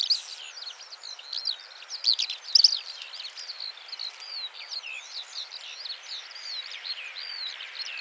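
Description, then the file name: Eurasian skylark song, an unbroken flow of high twittering notes and quick warbled phrases, with a few louder sharp chirps early on. "Eurasian Skylark Alauda arvensis"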